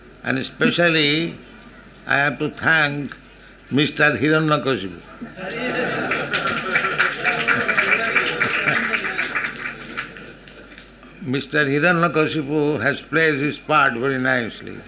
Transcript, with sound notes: and especially I have to thank Mr. Hiraṇyakaśipu. [applause] [laughs] Mr. Hiraṇyakaśipu has played his part very nicely.